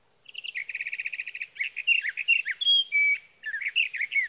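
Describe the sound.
Sage thrasher song: a fast stuttered series of repeated notes, then jumbled warbling, two drawn-out clear whistles, and another burst of rapid warbling.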